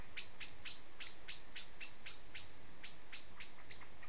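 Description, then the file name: Common blackbird uttering a steady string of sharp, high clicking notes, about four per second. "Turdus merula"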